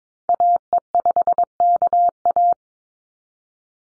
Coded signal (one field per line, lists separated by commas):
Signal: Morse code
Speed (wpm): 22 wpm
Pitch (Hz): 700 Hz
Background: none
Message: AE5KA